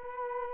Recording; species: mosquito wingbeat signal from an infrared sensor; Culex quinquefasciatus